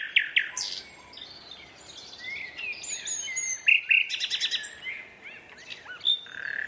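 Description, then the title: Common nightingale song, a rich varied phrase of buzzy trills, clear whistles, sweeping slurs and rapid clicking notes, with a quieter stretch early on. Two males in a competitive duet at dusk in a dense thorn thicket, north Dorset countryside woodland. "Sound Escape 119: An astonishing nightingale duet in a Dorset woodland"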